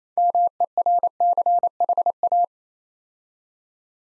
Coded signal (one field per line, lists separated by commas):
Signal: Morse code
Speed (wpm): 27 wpm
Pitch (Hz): 700 Hz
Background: none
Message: MERCHA